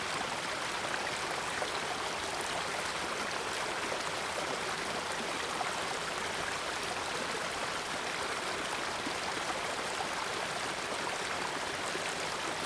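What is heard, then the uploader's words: A cascade of rushing water fills the scene with a dense, unbroken hiss and splash. The sound stays steady and bright from start to finish, with little low rumble and no distinct separate events. Morning Cascade. I made a pit-stop to head into the forests after passing over the Cascades to record… some cascades.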